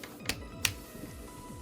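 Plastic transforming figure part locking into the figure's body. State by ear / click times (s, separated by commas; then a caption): seated / 0.7 s. A part of a plastic Transformers Legacy Sandstorm transforming figure is clamped down as far as it can go and locks into the figure's body. A faint tap and a smaller click come first, then a sharp plastic snap at 0.7 s, over steady background music. The part seats and clicks into place.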